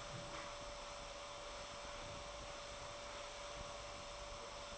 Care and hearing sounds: daily activity, microphone in the room; vacuum cleaning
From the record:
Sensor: 5

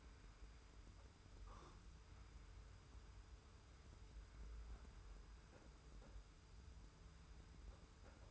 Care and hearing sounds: daily activity, microphone in the room; wipe stove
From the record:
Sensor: 2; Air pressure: 991.3 hPa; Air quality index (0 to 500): 152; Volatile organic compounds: 470 ppm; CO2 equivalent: 4779 ppm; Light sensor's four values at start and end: 39/111/44/42 and 39/111/44/42

